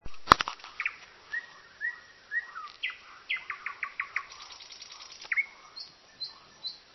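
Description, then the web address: Common nightingale song of short whistles and a quick run of repeated notes, after a sharp click at the start. Sung at night. "rossignol chant de nuit"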